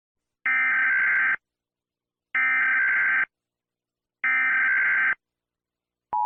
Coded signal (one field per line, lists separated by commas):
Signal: Emergency Alert System (SAME) tones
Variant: header bursts